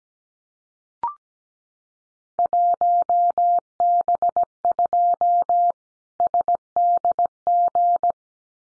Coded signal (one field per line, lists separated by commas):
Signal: Morse code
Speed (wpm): 17 wpm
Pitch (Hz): 700 Hz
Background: none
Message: 1B2 SDG